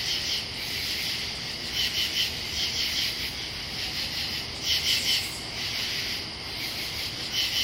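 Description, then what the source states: Katydids rasping in short pulse groups, louder bursts around two and five seconds, over a continuous high-pitched insect chorus. Pennsylvania.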